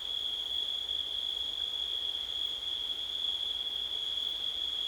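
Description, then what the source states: Cricket in a continuous, steady high-pitched trill with no breaks, over a soft background hiss. September night, with wind.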